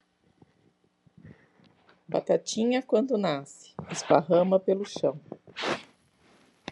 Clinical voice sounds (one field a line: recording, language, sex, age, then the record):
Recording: short text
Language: Brazilian Portuguese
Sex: female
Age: 40 to 49 years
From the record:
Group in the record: control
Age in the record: 47 years